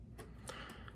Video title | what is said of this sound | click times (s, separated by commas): The Brick Paddock: It Took Me 11 Years to Finish The LEGO Technic MKII Crane! Was It Worth It? | So, there we are. Put it down. You'll hear a click and that means it's fully down. | 0.5 s, 0.9 s